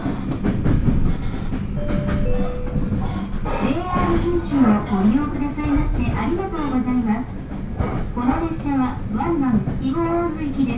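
Riding a Hōhi Line train from Shin-Suizenji to Higo-Ōzu, a steady low rumble of the carriage runs throughout. From about four seconds a voice speaks in rising and falling phrases, continuing to the end, with a brief held tone near two seconds.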